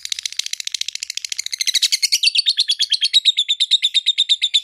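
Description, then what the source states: Lovebird song: fast repeated high chirps in a continuous trill, becoming louder and more spaced partway through. Konslet song style, used for training other birds.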